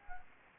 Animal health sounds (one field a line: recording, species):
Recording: mosquito wingbeat signal from an infrared sensor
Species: Anopheles gambiae